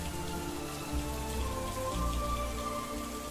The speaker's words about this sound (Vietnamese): Một hồi người ấy từ từ ẩn mình đi vào sâu trong vườn chuối, rồi chìm luôn vào trong mưa gió bão bùng.